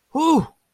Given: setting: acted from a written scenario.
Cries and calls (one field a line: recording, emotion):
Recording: vocal sound without words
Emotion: triumph